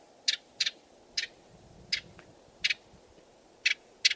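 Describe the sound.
Bird calling with crisp clicking notes, seven in all, spaced irregularly and some doubled, with faint low rumbling and hiss behind.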